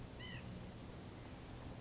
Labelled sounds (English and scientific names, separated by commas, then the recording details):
White-breasted Nuthatch (Sitta carolinensis)
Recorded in Sonoma County, California